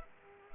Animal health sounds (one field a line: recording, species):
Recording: mosquito wingbeat signal from an infrared sensor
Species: Aedes aegypti